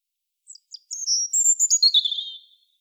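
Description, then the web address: European robin with a few soft introductory notes, then a high, sweet phrase of sliding whistles stepping down in pitch and fading. "SETE Erithacus rubecula"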